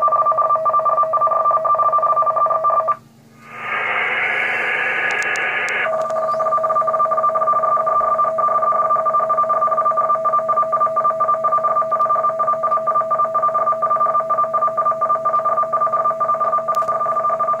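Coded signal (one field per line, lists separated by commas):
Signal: RTTY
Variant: 50 baud, 500 Hz shift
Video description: Sonda pracuje w emisji SSB modulacją RTTY 50/500 wysyłając w ramce swój znak, godzinę, koordynaty, wysokość, temperaturę, napięcie ogniwa prądu i ilość satelitów GPS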